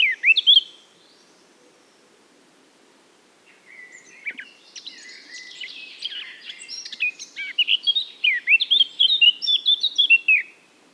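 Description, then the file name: Eurasian blackcap song: a short loud burst, a pause, then subdued chattering that swells into a fast, rich, fluting warble of varied whistled notes. "Sylvia atricapilla"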